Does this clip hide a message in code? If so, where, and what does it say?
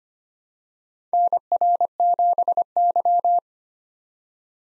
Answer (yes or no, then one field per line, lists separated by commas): yes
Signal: Morse code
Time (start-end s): 1.1-3.4 s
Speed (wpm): 25 wpm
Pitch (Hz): 700 Hz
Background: none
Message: NR7Y